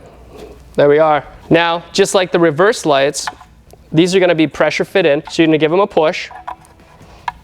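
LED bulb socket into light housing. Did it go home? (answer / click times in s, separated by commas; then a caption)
yes / 7.3 s. Someone talks, then an LED bulb socket for a 2009–2014 Ford F-150 is pushed and twisted into the plastic light housing. A sharp click at 7.3 s marks it locking into place, seated.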